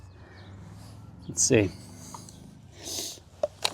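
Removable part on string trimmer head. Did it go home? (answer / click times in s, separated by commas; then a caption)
yes / 3.4 s, 3.7 s. A removable plastic part on the head of a cordless string trimmer, which had popped out after being taken off earlier, is pushed back in after someone talks. Two sharp clicks at 3.4 s and 3.7 s show it seated fully back into place.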